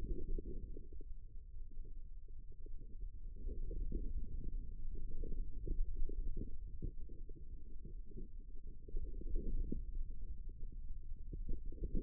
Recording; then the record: forearm muscle sounds (acoustic myography)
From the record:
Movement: ulnar deviation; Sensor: system 2, bracelet of six BSWA MPA416 microphones around the upper forearm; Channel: 4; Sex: female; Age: 25 years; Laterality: right